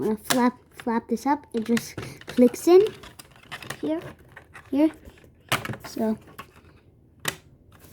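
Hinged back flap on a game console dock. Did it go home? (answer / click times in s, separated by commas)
yes / 7.3 s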